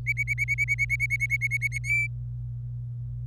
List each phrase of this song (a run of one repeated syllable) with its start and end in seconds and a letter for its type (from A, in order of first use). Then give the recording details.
0.07-1.78 A, 1.84-2.07 B. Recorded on 25 April 2018 at 14:16. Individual llb3